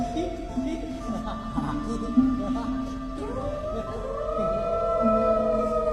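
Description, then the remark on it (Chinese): Wolves howling, several long drawn-out voices overlapping, each sliding slowly up and down in pitch. The howls hold steady and fairly loud across the whole stretch, with no one talking. “这是狼叫啊！你可要小心呐、啊！”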